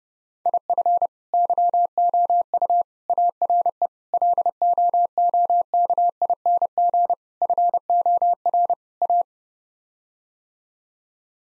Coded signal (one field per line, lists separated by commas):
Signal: Morse code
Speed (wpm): 32 wpm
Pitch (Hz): 700 Hz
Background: none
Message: IF YOU ARE LOOKING FOR A